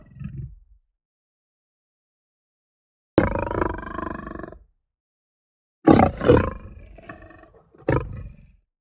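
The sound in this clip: Lion growls and roars, a short low grunt, a long rasping growl, then loud guttural roars and a final grunt, with silent gaps between.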